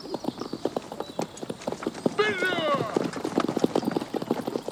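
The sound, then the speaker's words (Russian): Rapid clip-clop of several horses' hooves as riders gallop away in different directions, in a steady overlapping rhythm, with a brief high whinny rising over the hoofbeats midway. “Иван с товарищами разъезжаются в разные стороны.”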